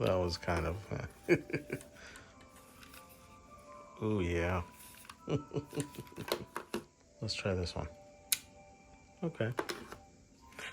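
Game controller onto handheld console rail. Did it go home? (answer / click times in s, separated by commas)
yes / 8.3 s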